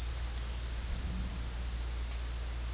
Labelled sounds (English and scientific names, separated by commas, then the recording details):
none
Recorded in secondary vegetation near Puerto Asís, Putumayo, Colombia, on 4 March 2025 at 15:30
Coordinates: 0.484, -76.319
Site G010